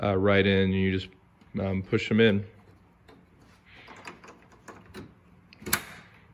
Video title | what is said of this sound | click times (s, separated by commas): Tacoma Raptor Grill Light Install! | get a nice click there and | 5.7 s